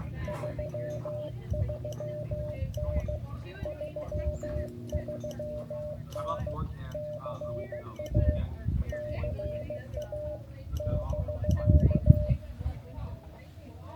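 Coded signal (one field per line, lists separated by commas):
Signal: Morse code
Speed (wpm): 15 wpm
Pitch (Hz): 600 Hz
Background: speech, music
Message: 33N 33N CA CA <BK>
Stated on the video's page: Live CW park activation in the field, with a few SSB contacts.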